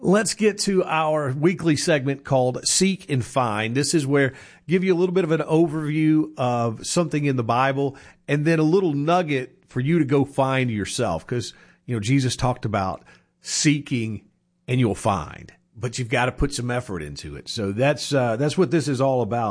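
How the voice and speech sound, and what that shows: An adult male radio host speaks fluently in a warm, mid-pitched voice with steady pacing, introducing a weekly Bible segment: ordinary speech.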